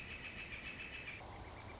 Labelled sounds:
Northern Flicker

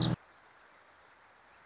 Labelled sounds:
Wilson's Warbler

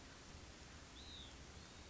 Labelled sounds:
Hutton's Vireo

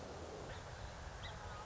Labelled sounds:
Song Sparrow

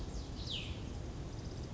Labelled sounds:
Cassin's Vireo

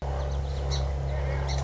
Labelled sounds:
Song Sparrow

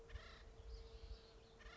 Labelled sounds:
Acorn Woodpecker

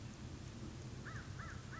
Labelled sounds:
American Crow

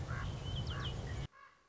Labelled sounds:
Common Raven

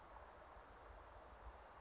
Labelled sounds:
Western Flycatcher

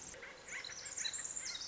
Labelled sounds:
Pacific Wren

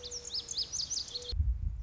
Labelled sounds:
Lazuli Bunting

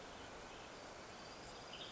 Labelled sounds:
Western Tanager

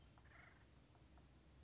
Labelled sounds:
Acorn Woodpecker

